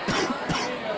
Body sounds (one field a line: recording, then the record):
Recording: coughing mixed with background sound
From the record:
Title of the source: Coughing 46